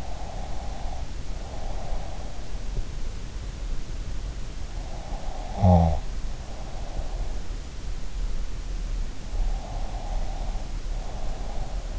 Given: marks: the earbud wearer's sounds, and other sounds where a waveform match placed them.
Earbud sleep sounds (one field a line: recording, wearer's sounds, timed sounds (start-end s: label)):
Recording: sounds in sleep by an in-ear microphone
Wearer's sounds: breath, snoring breath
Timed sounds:
0.00-2.36 s: breath
5.02-7.27 s: snoring breath
9.52-11.99 s: breath